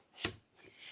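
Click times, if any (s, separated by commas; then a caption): 0.2 s. A rollover panel of a folded corrugated cardboard shipping box is pressed down until its tab locks into the box. A sharp, bright lock click sounds at 0.3 s, followed by faint rubbing and papery rustle. The panel is seated and locked in place.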